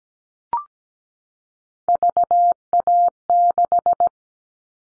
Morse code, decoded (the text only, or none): VA6